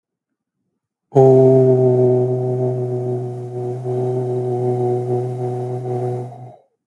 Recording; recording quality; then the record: sustained vowel as in boot; moderate, slight background noise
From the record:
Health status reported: healthy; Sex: male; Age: 25 years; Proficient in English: yes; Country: India